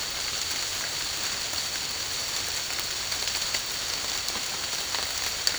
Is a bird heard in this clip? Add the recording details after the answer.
no. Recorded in dense forest near Puerto Asís, Putumayo, Colombia, on 21 March 2025 at 15:30. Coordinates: 0.485, -76.318. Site G056